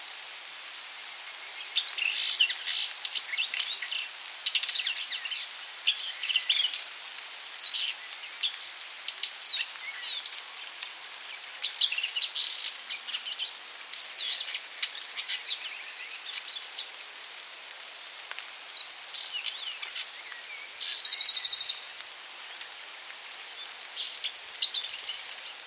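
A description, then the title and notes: Birdsong chirps in bright, busy bursts throughout over a steady hiss of rain, with a sustained high buzz near twenty-one seconds. Rain, Birdsong. I was out in the fields, recording, when I was surprised by a light rain and took refuge under an oak tree.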